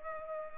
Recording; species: mosquito wingbeat signal from an infrared sensor; Culex pipiens